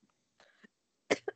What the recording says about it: Cough sounded shady. I just choked on my own spit.